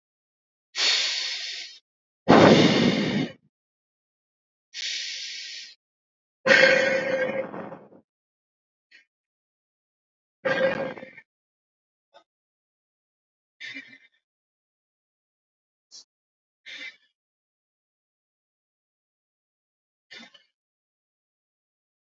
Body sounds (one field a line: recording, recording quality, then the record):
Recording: deep breathing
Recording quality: excellent, no background noise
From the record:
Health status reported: healthy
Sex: male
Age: 22 years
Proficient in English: yes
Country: India